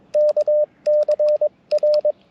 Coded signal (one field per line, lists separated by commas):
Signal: Morse code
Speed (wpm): 22 wpm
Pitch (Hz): 600 Hz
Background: radio noise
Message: KCR